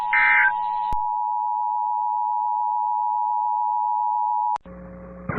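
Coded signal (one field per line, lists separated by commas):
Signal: Emergency Alert System (SAME) tones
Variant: 853 and 960 Hz attention tone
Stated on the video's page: Personally captured real EAS alerts.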